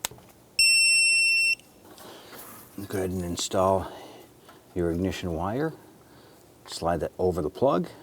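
A crisp click at 0.1 s sounds like a wrench breaking over at its set torque. A second snap at 0.6 s runs into a steady high-pitched beep, and someone talks from about 2.8 s.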